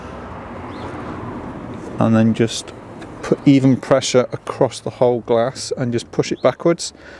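Door mirror glass on an ID.3 is carefully offered up to the adjuster plate inside the mirror housing, with its clips being lined up before it is pressed home. Someone talks over a steady low background hum. Nothing has seated or clicked yet.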